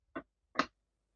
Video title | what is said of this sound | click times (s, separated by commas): ASUS X452-E KELUARAN 2013 LEMOT BANGET INI DIA CARANYA AGAR MENJADI KENCANG DI SIMAK YA .. | Nah, sudah sampai ngunci lah intinya mah ya. | 0.2 s, 0.6 s